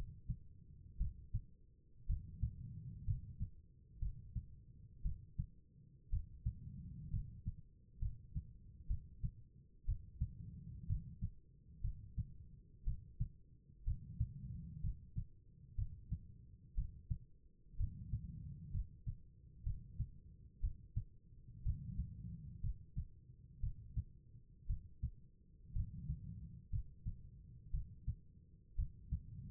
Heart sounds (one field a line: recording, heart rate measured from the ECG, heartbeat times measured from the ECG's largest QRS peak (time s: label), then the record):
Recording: heart sounds by stethoscope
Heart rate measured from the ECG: 60 bpm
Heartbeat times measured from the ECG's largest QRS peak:
0.98 s: heartbeat
2.07 s: heartbeat
3.05 s: heartbeat
3.99 s: heartbeat
5.02 s: heartbeat
6.10 s: heartbeat
7.10 s: heartbeat
7.99 s: heartbeat
8.87 s: heartbeat
9.86 s: heartbeat
10.87 s: heartbeat
11.81 s: heartbeat
12.84 s: heartbeat
13.84 s: heartbeat
14.81 s: heartbeat
15.76 s: heartbeat
16.75 s: heartbeat
17.77 s: heartbeat
18.71 s: heartbeat
19.64 s: heartbeat
20.61 s: heartbeat
21.63 s: heartbeat
22.61 s: heartbeat
23.60 s: heartbeat
24.67 s: heartbeat
25.73 s: heartbeat
26.70 s: heartbeat
27.71 s: heartbeat
28.76 s: heartbeat
From the record:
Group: healthy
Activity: rest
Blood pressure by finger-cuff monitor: 99/61 mmHg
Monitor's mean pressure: 71 mmHg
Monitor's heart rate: 60 bpm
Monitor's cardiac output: 4.8 L/min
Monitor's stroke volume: 80 mL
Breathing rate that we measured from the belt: 16 breaths a minute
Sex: female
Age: 36 years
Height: 163 cm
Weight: 88 kg